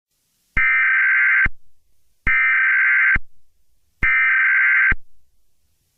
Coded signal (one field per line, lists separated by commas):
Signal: Emergency Alert System (SAME) tones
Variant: header bursts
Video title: Lust's Full Extent - An EAS scenario